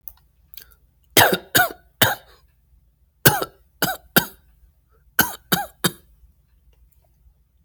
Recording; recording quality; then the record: shallow voluntary cough; excellent, no background noise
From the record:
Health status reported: exposed to COVID-19, no respiratory illness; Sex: male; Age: 26 years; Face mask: not worn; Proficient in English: yes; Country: United States